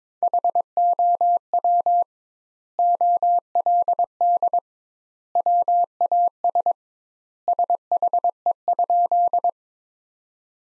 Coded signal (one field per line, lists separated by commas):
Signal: Morse code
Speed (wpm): 22 wpm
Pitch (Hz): 700 Hz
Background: none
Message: HOW OLD WAS SHE?